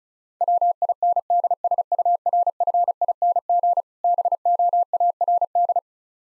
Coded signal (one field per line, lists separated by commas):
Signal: Morse code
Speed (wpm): 34 wpm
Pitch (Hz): 700 Hz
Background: none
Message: WINDSURFING BOARD